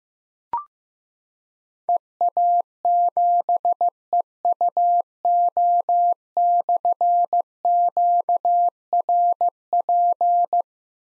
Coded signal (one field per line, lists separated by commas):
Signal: Morse code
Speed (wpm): 15 wpm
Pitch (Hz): 700 Hz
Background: none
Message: EA7EUO/QRP